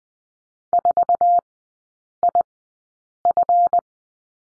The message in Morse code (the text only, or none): 4IF